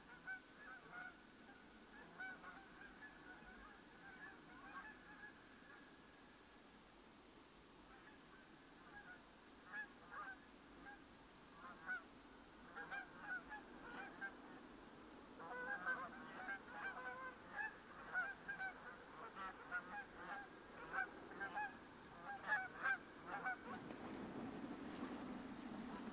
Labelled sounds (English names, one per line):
Canada Goose